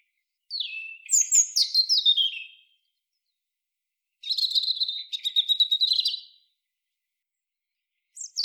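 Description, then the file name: European robin song: high, thin warbled phrases of about two seconds with falling trills and sweet notes, separated by silent gaps, and a third phrase starting at the end. "Erithacus rubecula"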